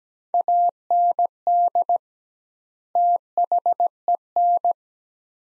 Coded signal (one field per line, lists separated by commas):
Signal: Morse code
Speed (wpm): 17 wpm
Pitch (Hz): 700 Hz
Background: none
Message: AND THEN